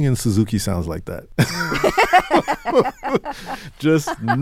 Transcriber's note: laughter